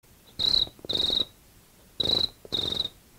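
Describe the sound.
Cricket chirping: four short, high, buzzy pulsed chirps on one steady pitch, arranged in two pairs about a second and a half apart, with quiet gaps between.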